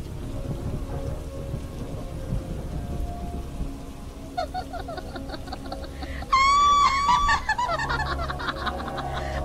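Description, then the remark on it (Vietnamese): Heavy rain pours in a steady, dense hiss during a raging storm of rain and wind, with deep low rumbles of thunder rolling underneath, while a high, wavering cry rises briefly over the storm partway through. “Như vậy, trong cơn mưa gió điên cuồng, cô Đồng Thoa, hay có thể nói là hồn ma của cô Phượng, nhấc bổng thằng Vận lên, rồi cuối cùng ném thẳng nó xuống dòng nước dữ đang cuộn chảy.”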